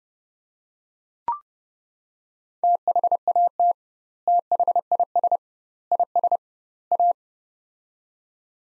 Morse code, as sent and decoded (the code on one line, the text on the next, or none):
- .... .- - / - .... .. ... / .. ... / .-
THAT THIS IS A